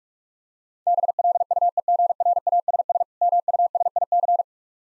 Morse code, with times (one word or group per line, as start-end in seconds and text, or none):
0.9-3.0 BLUEGRASS
3.2-4.4 MUSIC